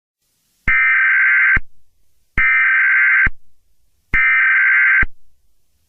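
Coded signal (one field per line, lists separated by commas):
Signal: Emergency Alert System (SAME) tones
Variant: header bursts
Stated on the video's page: A fictional EAS scenario, not a real alert, set in New York City.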